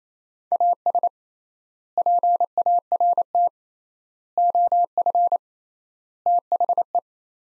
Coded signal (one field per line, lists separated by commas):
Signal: Morse code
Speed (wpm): 27 wpm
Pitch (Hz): 700 Hz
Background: none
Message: AS PART OF THE